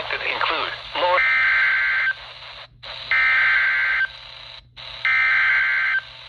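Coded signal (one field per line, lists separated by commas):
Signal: Emergency Alert System (SAME) tones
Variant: header bursts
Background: speech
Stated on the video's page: Severe thunderstorm warning from a NOAA weather radio transmitter on 162.500 MHz, received about 51 miles away on a RadioShack 12-254 weather radio.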